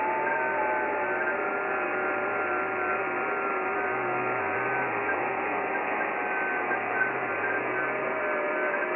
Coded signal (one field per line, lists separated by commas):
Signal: FT8